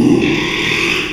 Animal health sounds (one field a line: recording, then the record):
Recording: squeal of a Yucatan mini pig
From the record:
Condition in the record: after surgery on the right vocal fold (resection and tissue-engineered implant)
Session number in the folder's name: 1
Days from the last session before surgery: 6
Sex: male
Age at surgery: 12 weeks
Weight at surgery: 13 kg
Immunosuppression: cyclosporine, prednisolone